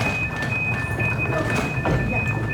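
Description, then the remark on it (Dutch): A Flirt train's automatic retractable boarding step extends to bridge the gap between platform and train, with a steady high-pitched mechanical whine over a constant low rumble, and a soft clunk near the end. “En die heeft een automatisch uitschuifbaar treeplankje om het gat tussen het perron en de trein te overbruggen.”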